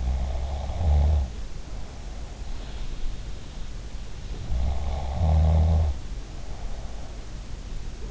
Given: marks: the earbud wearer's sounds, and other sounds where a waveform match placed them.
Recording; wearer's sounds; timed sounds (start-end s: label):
sounds in sleep by an in-ear microphone; snoring breath
0.00-3.15 s: snoring breath
2.56-4.86 s: sound from someone else or the room
4.32-7.54 s: snoring breath